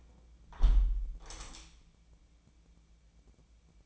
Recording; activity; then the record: daily activity, microphone in the room; close window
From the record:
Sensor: 1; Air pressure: 1012.3 hPa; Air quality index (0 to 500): 167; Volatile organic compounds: 3 ppm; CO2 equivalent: 1364 ppm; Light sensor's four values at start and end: 146/327/145/154 and 151/338/150/159